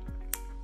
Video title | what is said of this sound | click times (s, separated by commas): How to Terminate two types of CommScope Jacks. | slide my cable retainer on and push it all the way down until it clicks in and | 0.3 s